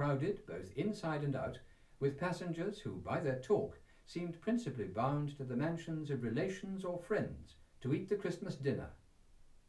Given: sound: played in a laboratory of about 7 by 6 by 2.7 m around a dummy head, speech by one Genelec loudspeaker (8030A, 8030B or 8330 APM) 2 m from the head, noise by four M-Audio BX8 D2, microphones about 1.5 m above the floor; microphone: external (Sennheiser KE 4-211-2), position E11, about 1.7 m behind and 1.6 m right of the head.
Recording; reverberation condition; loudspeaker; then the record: male speech in English; low; 60 degrees to the left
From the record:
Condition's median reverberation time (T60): about 310 ms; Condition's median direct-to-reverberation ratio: about 3.5 dB